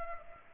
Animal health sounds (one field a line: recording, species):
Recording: mosquito wingbeat signal from an infrared sensor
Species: Culex pipiens